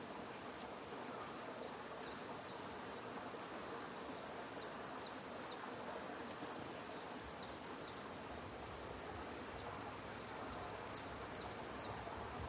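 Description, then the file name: Goldcrest calls, very high, thin, sibilant notes given singly and in short bursts throughout, ending with a brief cluster of sharper notes over a quiet background. "kikuita"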